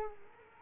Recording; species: mosquito wingbeat signal from an infrared sensor; Culex quinquefasciatus